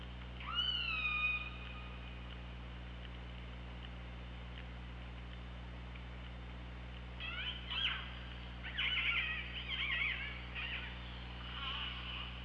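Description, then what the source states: Orca call: a loud descending squeal with rich overtones, then a pause and a busy run of rapid pulsed, squeaky calls, all over a steady low hum. Recorded with the OrcaLab hydrophone on 24 August 2017, around 15:17.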